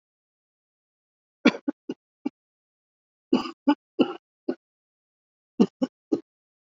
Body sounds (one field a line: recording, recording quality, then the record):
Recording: shallow voluntary cough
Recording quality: excellent, no background noise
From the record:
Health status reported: COVID-19 positive, no symptoms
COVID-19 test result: positive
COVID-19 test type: RT-PCR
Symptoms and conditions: hypertension, diabetes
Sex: male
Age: 46 years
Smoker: yes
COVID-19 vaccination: both doses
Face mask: worn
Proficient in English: no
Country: India